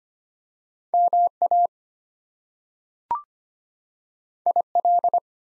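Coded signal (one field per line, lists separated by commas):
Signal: Morse code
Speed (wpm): 25 wpm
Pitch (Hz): 700 Hz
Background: none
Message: MA IL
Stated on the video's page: Head-copy drill of US state and Canadian province names at 25 wpm, each sent in Morse, spoken, then sent again.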